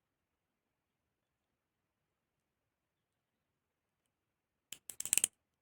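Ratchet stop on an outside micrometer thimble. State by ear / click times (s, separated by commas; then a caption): torque reached / 5.0 s, 5.1 s, 5.2 s. The ratchet stop on an outside micrometer's thimble is turned to close the metal spindle onto a pipe to measure its outer diameter. After about 4.7 seconds of silence, the ratchet slips with a quick series of sharp clicks at 5.0, 5.05, 5.13, 5.17 and 5.24 seconds. This shows the measuring force has been reached and the accurate reading is set.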